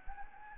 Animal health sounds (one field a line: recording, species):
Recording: mosquito wingbeat signal from an infrared sensor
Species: Anopheles gambiae